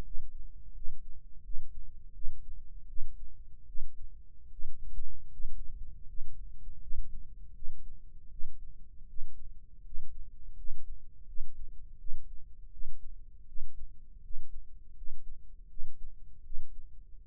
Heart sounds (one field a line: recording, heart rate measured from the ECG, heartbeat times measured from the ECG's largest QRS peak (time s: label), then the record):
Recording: heart sounds by microphone in the left ear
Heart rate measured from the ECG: 80 bpm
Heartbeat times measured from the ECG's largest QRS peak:
0.03 s: heartbeat
0.74 s: heartbeat
1.43 s: heartbeat
2.13 s: heartbeat
2.87 s: heartbeat
3.66 s: heartbeat
4.50 s: heartbeat
5.31 s: heartbeat
6.06 s: heartbeat
6.80 s: heartbeat
7.54 s: heartbeat
8.30 s: heartbeat
9.07 s: heartbeat
9.83 s: heartbeat
10.56 s: heartbeat
11.26 s: heartbeat
11.98 s: heartbeat
12.71 s: heartbeat
13.46 s: heartbeat
14.22 s: heartbeat
14.95 s: heartbeat
15.68 s: heartbeat
16.43 s: heartbeat
17.20 s: heartbeat
From the record:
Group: healthy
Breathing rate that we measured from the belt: 14 breaths a minute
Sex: female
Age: 37 years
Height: 168 cm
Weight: 70 kg